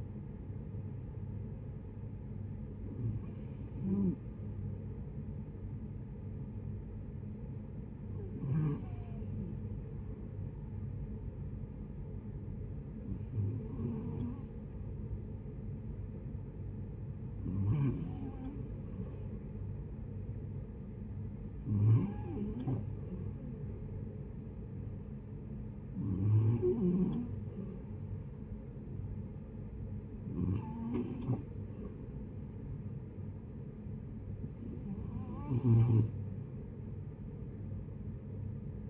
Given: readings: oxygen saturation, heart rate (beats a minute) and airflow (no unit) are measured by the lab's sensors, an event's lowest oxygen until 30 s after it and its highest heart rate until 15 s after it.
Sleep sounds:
breathing in sleep by a smartphone at the bedside; none
none scored
From the record:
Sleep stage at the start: REM sleep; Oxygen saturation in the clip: 57 to 93%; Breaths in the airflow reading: 8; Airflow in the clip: -10.8 to 7.6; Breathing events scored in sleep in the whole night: 496 in 5.4 hours asleep

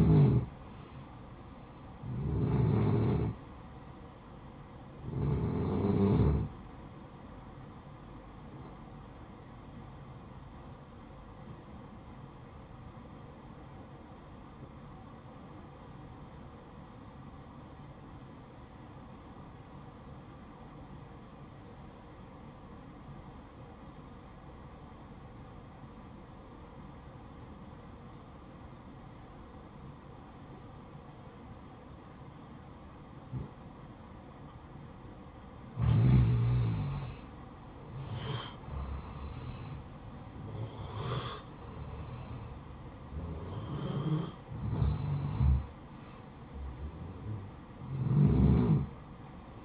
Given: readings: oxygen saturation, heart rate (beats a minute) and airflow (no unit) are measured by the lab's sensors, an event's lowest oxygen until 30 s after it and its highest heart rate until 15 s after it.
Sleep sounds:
breathing in sleep by a smartphone at the bedside; 1
5.00-49.65 s: new sleep stage, N1 (lightest sleep)
12.00-36.40 s: obstructive apnea (N1, oxygen 94% highest, then 87% lowest, heart rate 58 at the start, 66 highest)
From the record:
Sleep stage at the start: N2 (light sleep); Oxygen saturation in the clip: 87 to 94%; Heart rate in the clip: 56 to 66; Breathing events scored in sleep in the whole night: 573 in 9.8 hours asleep

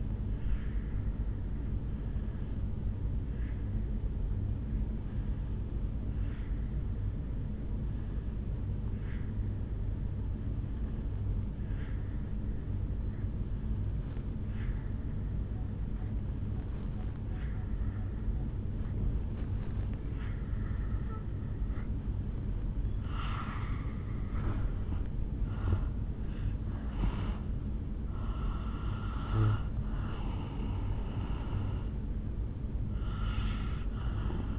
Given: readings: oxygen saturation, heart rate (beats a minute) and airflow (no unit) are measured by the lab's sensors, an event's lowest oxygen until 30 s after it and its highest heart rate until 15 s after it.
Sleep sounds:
breathing in sleep by a smartphone at the bedside; 1
3.00-25.90 s: obstructive apnea (N1, oxygen 92% highest, then 82% lowest, heart rate 60 at the start, 73 highest)
From the record:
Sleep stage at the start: N1 (lightest sleep); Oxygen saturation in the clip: 85 to 92%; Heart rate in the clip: 60 to 73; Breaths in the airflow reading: 3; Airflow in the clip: -7.2 to 4.8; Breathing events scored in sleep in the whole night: 449 in 7.0 hours asleep

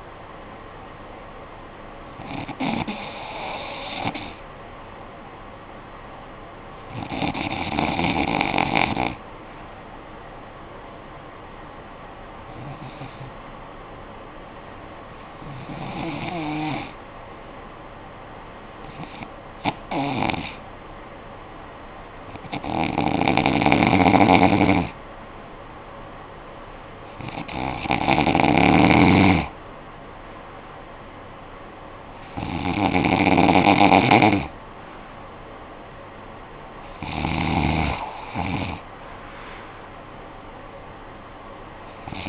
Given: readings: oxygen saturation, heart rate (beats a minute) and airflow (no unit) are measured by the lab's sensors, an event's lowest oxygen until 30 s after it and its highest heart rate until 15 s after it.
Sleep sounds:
breathing in sleep by a voice recorder at the bedside; 1
3.00-26.70 s: hypopnea (N2, oxygen 95% highest, then 90% lowest, heart rate 54 at the start, 66 highest)
From the record:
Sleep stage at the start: N2 (light sleep); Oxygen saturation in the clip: 91 to 95%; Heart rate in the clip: 52 to 66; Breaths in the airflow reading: 9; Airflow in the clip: -11.2 to 12.4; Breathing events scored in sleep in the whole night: 445 in 7.6 hours asleep

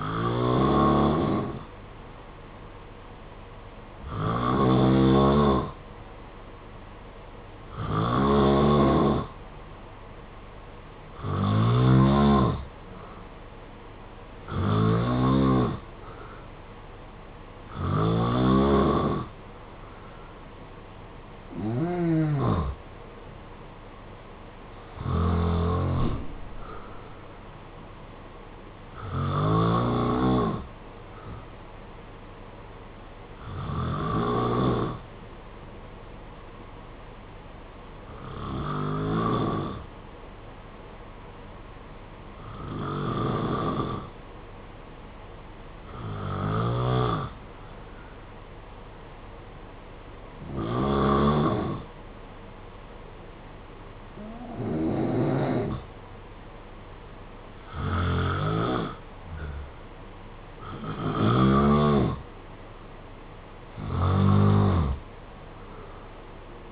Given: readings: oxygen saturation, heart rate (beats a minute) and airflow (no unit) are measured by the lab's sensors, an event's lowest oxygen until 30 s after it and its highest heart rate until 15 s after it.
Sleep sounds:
breathing in sleep by a voice recorder at the bedside; 1
43.00-59.00 s: hypopnea (N2, oxygen 93% highest, then 90% lowest, heart rate 57 at the start, 64 highest)
From the record:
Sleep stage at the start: N2 (light sleep); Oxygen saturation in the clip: 89 to 93%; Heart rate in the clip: 55 to 62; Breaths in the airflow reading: 18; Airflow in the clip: -4.8 to 5.1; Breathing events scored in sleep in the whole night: 476 in 9.7 hours asleep

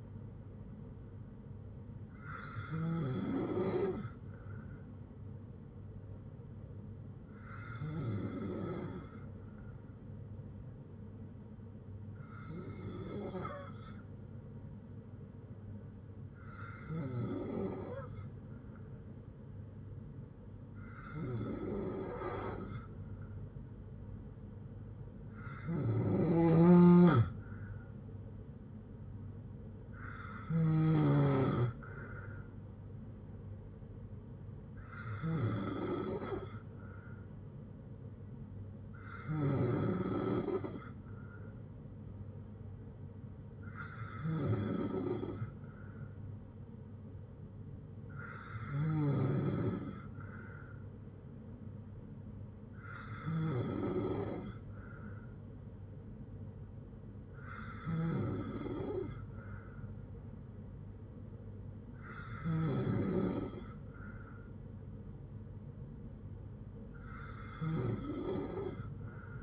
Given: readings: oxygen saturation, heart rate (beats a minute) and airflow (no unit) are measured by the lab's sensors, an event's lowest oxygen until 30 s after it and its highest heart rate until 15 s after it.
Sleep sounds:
breathing in sleep by a smartphone at the bedside; 1
6.00-26.70 s: hypopnea (N3, oxygen 96% highest, then 92% lowest, heart rate 61 at the start, 70 highest)
59.00-69.43 s: new sleep stage, N2 (light sleep)
From the record:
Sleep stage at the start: N3 (deep sleep); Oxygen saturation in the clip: 92 to 97%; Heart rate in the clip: 57 to 70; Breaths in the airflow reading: 15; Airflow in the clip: -6.5 to 4.2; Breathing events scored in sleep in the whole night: 182 in 7.4 hours asleep

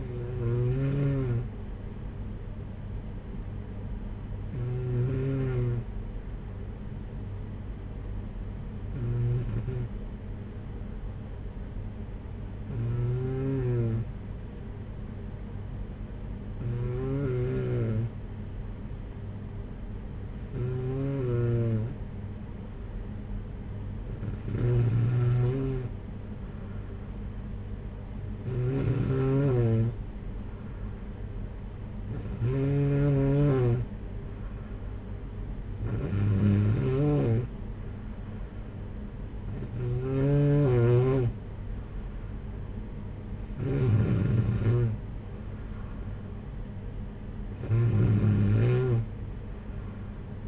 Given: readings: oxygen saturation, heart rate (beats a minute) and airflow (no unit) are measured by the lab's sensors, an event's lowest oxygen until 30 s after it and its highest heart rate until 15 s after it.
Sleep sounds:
breathing in sleep by a smartphone at the bedside; 1
5.00-27.90 s: hypopnea (N2, oxygen 95% highest, then 92% lowest, heart rate 53 at the start, 59 highest)
22.00-50.48 s: new sleep stage, N1 (lightest sleep)
From the record:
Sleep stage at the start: N2 (light sleep); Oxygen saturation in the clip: 92 to 95%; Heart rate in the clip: 53 to 59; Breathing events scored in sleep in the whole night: 226 in 8.8 hours asleep

